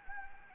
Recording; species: mosquito wingbeat signal from an infrared sensor; Anopheles gambiae